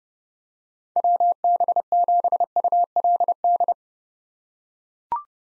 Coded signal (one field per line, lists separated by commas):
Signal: Morse code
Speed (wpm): 30 wpm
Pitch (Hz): 700 Hz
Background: none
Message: WB7ULD